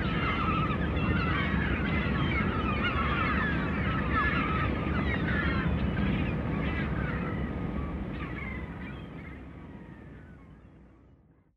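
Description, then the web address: Many gulls cry and yelp together in a busy overlapping chorus against a continuous low roar, the whole scene fading away toward the end. "Madacy Music Group Inc 292 Sound Effects. Sea Gulls"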